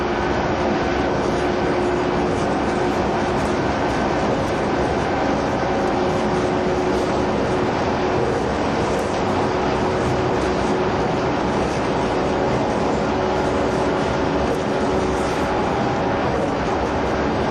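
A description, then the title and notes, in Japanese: Running sound recorded aboard a 185 series train, the Odoriko 106. A steady, dense rumble of wheels and motor fills the whole stretch, with a few faint tones humming underneath. Loudness barely changes, with only small rattles and clicks scattered throughout. 185系 踊り子106号01 伊豆急下田～熱海。修善寺始発の列車を併結しつつも上り列車で最速となる、185系踊り子106号を収録したものです。音の旅(走行音)。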